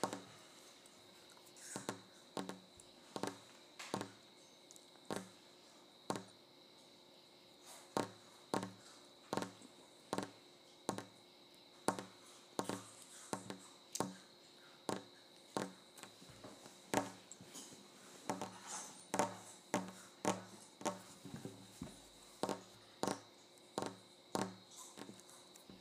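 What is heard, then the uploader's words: Tapping on a kitchen counter, sharp knocks coming every half second or so at an uneven pace, over a steady faint hum throughout. ASMR Tapping the Kitchen Counter.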